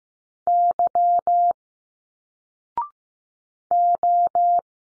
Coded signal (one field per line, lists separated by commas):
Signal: Morse code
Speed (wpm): 15 wpm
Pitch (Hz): 700 Hz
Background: none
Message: Y O